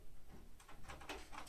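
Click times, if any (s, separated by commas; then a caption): 1.1 s. The main power cable connector from the power supply is pushed into its socket on the motherboard. The plastic latch clicks into place at 1.1 s with a short, sharp snap, and the connector is seated. Soft rustling and faint scraping sounds come before it.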